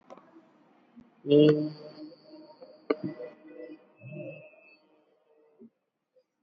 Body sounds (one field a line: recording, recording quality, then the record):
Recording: sustained vowel as in made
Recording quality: moderate, slight background noise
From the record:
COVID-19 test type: RT-PCR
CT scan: not taken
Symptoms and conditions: cough, hypertension, diabetes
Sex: female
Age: 53 years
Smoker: no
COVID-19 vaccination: one dose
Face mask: not worn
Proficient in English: yes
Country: India